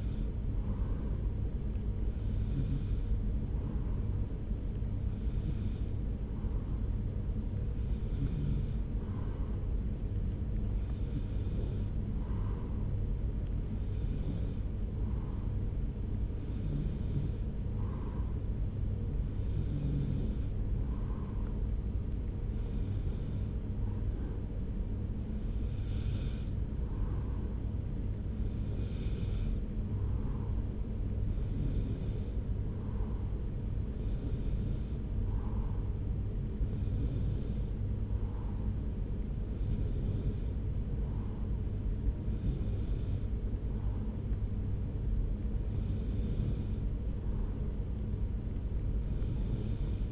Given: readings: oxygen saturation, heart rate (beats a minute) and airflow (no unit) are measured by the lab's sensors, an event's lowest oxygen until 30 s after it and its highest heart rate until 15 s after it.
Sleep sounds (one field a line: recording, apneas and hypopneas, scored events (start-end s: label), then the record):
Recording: breathing in sleep by a smartphone at the bedside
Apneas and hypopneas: none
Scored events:
24.00-50.12 s: new sleep stage, N3 (deep sleep)
From the record:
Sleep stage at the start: N2 (light sleep)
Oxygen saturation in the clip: 93%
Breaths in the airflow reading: 17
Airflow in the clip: -0.9 to 0.9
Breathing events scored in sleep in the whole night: 335 in 6.7 hours asleep